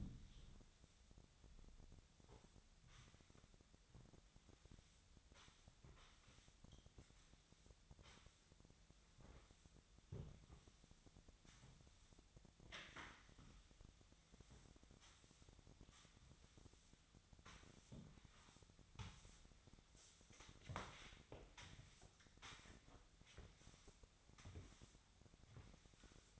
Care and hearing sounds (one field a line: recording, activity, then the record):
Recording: daily activity, microphone in the room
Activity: sweep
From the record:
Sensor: 3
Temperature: 25.7 degrees Celsius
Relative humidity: 37.5%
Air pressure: 1006.9 hPa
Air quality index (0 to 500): 204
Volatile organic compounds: 18 ppm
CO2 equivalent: 2612 ppm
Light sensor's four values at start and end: 11/25/11/10 and 11/25/10/10